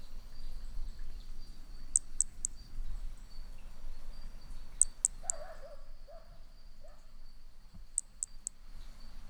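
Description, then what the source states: Hermogenes's flea-toad calls in evenly spaced triplets of tiny high-pitched clicks, about every three seconds, with a few lower chirping sounds in between. Individual 03, Picinguaba, 13 December 2017.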